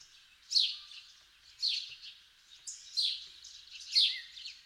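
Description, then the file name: House sparrow calls: four loud, rasping chirps spaced about a second apart, each sliding downward, over a quiet background. "Passer domesticus"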